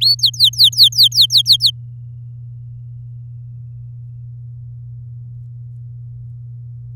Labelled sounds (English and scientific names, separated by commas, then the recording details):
Domestic Canary (Serinus canaria) song
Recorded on 10 May 2018 at 05:37
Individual llb16